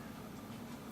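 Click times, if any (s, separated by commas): none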